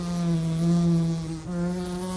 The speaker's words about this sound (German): Insekten gelten als die raffiniertesten Flugapparate der Welt. Zum Beispiel die gemeine Stubenfliege. Sie schlägt irrwitzige Haken, fliegt rasante Loopings und lässt sich senkrecht in die Tiefe fallen.